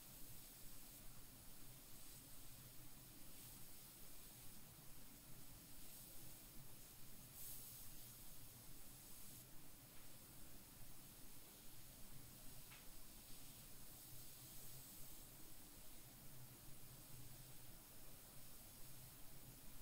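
Scalp oiling and head massage with scratching through the hair produce a steady, dense bed of soft rustling and hiss that barely changes in level. Brief brighter scratches stand out around 7 and 13 seconds, over a faint low rumble throughout.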